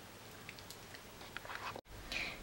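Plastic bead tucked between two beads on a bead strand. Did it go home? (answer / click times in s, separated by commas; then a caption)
yes / 1.4 s. A plastic bead, the fifth on a strand of plastic beads, is wrapped around and pushed in between two beads to form the second leg of a bead dog. Light plastic ticks and rustles lead to a sharp snap at 1.4 s as the bead seats in place, followed by a brief silence and more handling noise.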